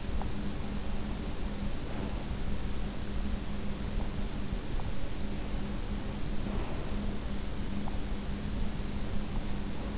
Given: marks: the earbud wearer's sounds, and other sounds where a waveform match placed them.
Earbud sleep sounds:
sounds in sleep by an in-ear microphone; teeth grinding, breath
0.00-0.54 s: teeth grinding
1.61-2.35 s: breath
6.27-7.33 s: breath

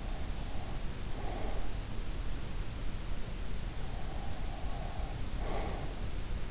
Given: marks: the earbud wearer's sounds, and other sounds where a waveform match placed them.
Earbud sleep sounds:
sounds in sleep by an in-ear microphone; breath
1.11-1.76 s: breath
4.38-5.81 s: breath

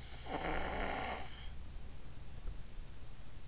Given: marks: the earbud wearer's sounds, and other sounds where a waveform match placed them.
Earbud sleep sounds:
sounds in sleep by an in-ear microphone; snoring breath
0.09-1.55 s: snoring breath

